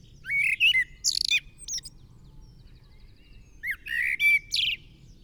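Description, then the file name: Common blackbird song: two short phrases of warbled whistles that rise into shrill, rapid twittering, with a quiet gap between them. "Turdus merula"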